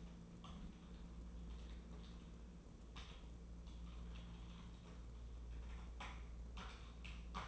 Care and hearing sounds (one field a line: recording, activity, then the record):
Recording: daily activity, microphone in the room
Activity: typing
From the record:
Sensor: 1